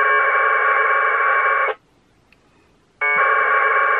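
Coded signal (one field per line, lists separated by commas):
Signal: packet radio (AX.25, as in APRS)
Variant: 1200 baud AFSK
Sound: harsh warbling data burst about 1.7 seconds, short silence, then a second burst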